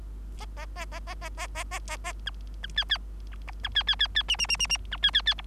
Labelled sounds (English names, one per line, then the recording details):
Bengalese Finch song
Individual Bird3